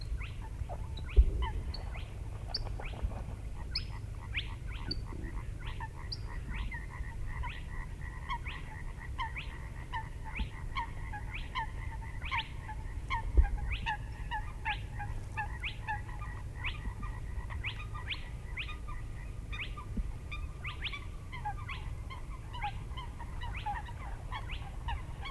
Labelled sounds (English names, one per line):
Spotted Crake